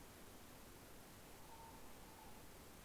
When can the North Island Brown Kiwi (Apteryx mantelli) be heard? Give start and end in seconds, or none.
none